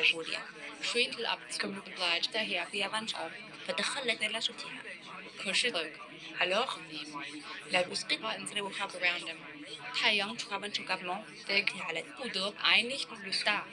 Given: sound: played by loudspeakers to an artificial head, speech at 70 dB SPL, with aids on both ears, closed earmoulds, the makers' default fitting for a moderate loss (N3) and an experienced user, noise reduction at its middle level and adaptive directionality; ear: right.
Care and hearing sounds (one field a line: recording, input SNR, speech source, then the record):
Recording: speech test signal (ISTS) in cocktail-party noise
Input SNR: 0 dB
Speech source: on the right (90 degrees)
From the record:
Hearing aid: class 2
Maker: I